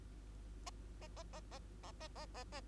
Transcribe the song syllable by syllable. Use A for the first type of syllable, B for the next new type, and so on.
A A A A A A A A A A